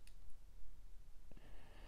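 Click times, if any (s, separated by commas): none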